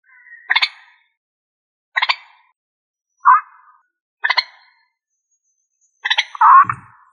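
Rail giving rapid rasping double notes repeated about every two seconds, with one shorter tonal squawk between them and a longer grating squawk at the end.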